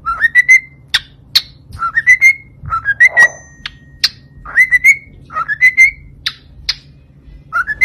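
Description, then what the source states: Cockatiel whistled song: phrases of climbing whistled notes repeated again and again, each ending on a held note, mixed with sharp chirps and a low hum. Several cockatiels whistling, singing.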